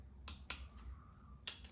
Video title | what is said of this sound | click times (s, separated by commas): Crankshaft, Camshaft & Timing Chain Install - Part 5 (SBC 383 Stroker) | This torque wrench doesn't click that loud, just so you know if you're not hearing it. | 0.3 s, 0.5 s, 1.5 s